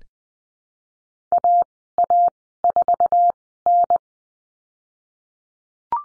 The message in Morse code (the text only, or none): AA4N